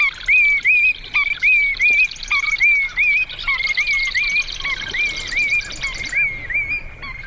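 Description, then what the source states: Willet calls, loud repeated whistled notes, each rising then dropping, given in quick succession. Fairly large, noisy shorebird calling 'pee-wee willet' while flying over a marsh; prairie pothole wetland.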